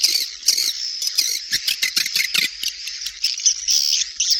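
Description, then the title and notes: Swiftlet chirping: sharp, high squeaky notes and trills tumbling quickly over one another in a steady chatter. Asia; sound used in swiftlet farming to attract birds. "Swiflet Bird Sound. Farming Swiflet Bird asia sound"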